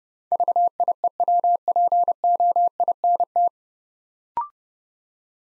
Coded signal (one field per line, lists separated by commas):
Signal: Morse code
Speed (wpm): 28 wpm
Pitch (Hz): 700 Hz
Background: none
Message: VIEWPOINT